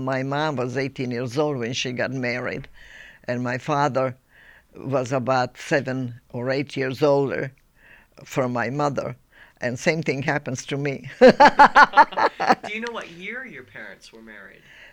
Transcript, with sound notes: My mom was eighteen years old when she got married and my father was about seven or eight years older from my mother. And same thing happens to me. (they laugh)
Do you know what year your parents were married?